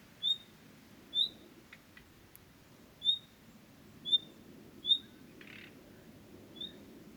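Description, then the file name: Common nightingale gives sharp high whistles at irregular intervals, with scattered ticking clicks and one short grating croak between them. "Luscinia megarhynchos"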